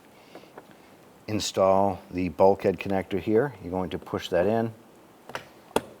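Someone talks while a plastic door-wiring bulkhead connector is pushed into its mount in the door panel during a front window regulator replacement on a 2015-2020 Cadillac Escalade. A few faint ticks come before the speech, and a sharp snap at 5.8 s shows the connector seating into place.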